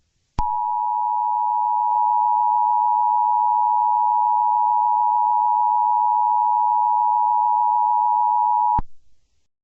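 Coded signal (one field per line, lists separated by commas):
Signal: Emergency Alert System (SAME) tones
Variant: 853 and 960 Hz attention tone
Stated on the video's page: Fictional EAS scenario about a school shutdown.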